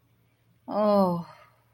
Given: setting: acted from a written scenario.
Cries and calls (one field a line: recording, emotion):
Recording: vocal sound without words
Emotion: ecstasy